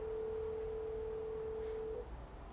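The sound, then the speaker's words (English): A steady, mid-pitched ringback tone from an outgoing phone call drones for about two seconds and then cuts off, leaving only a low background hum. No one speaks. “He probably won't pick up.”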